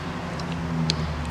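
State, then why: Seated. A plastic spool cover is pushed back onto a string trimmer's cutting head after new cutting line has been wound onto the spool. Over a steady low hum, a sharp snap at 0.9 s marks the cover clicking into place, and it is confirmed seated.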